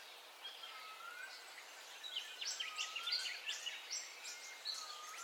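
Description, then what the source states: Birds calling: long thin slurred whistles repeating every couple of seconds beneath bright, quick chirped notes, with a soft steady hiss behind. Dawn ambience with bird calls, stereo.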